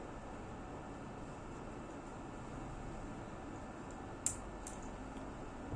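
During network cable crimping, the third plastic part of a network cable connector is pushed into the connector body over a steady broadband background hiss. A sharp click at 4.3 s, followed by a fainter tick at 4.7 s, shows the part has seated.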